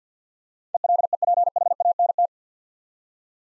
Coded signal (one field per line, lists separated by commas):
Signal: Morse code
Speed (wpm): 48 wpm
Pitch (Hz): 700 Hz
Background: none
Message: ELEPHANT